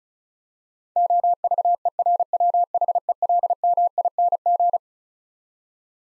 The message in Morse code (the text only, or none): OVERWHELMING